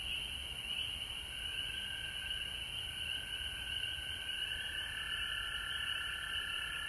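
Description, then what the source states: Frogs trilling together in a continuous chorus over a steady high background hiss. Recorded at home in Georgia on March 19, 2020.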